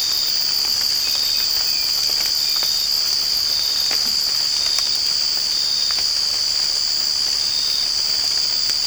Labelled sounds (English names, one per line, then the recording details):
none
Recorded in secondary vegetation near Puerto Asís, Putumayo, Colombia, on 8 March 2025 at 04:30
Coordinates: 0.502, -76.326
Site G100